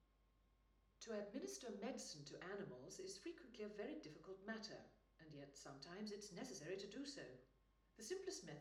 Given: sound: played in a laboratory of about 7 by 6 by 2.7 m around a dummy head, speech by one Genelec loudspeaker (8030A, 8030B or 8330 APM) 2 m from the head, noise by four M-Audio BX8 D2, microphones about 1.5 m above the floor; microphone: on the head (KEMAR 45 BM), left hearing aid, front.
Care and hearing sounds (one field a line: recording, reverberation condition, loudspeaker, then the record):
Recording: female speech in English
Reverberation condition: medium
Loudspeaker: 60 degrees to the left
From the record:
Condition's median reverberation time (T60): about 510 ms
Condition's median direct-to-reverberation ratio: about -0.5 dB